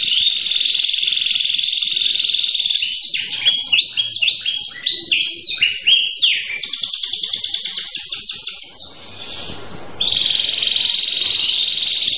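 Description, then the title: Canary song mixing long steady whistled tones, rapid falling notes and extended rolling trills, with a brief noisy break before a sustained tone returns. Manasaja canary, song described as gacor ngotot with a long roll (roll panjang), used to make other canaries answer at once (langsung nyaut). "LANGSUNG NYAUT GACOR DOR Kenari Manasaja, Dengan Kicau Kenari GACOR NGOTOT ROLL PANJANG"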